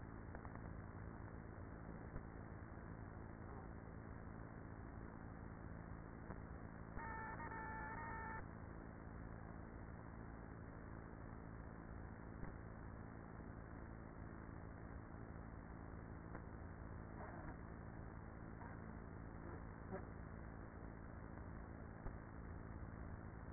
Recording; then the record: honeybee colony, microphone inside the hive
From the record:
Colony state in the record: queenless with a low population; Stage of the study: after two queens were removed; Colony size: about 30,000 bees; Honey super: no